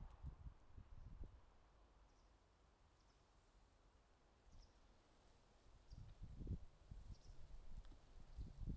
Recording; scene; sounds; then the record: everyday scene through a hearing-aid microphone; wind on the microphone; wind, traffic, birds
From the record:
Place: suburban garden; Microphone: in the ear canal, left